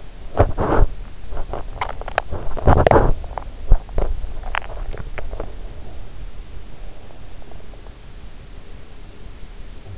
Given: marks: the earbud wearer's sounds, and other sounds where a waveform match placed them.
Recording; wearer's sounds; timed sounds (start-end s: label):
sounds in sleep by an in-ear microphone; body movement, teeth grinding
0.00-4.08 s: body movement
1.29-2.78 s: teeth grinding
3.36-5.77 s: teeth grinding